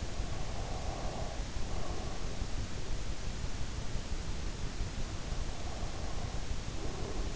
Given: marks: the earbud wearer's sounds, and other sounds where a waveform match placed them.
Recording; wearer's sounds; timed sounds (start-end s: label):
sounds in sleep by an in-ear microphone; breath
0.27-2.60 s: breath
5.20-7.36 s: breath